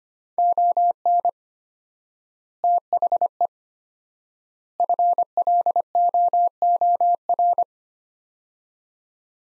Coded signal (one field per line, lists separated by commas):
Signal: Morse code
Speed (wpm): 25 wpm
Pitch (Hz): 700 Hz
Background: none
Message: ON THE FLOOR